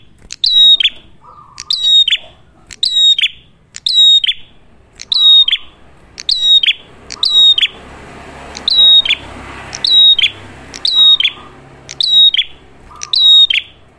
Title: Masteran Duet Cililin Vs Kapas Tembak. Prenjak Kepala Merah Gacor [ Suara Jernih, Sangat Cocok Buat Masteran Ataupun Buat Pikat ]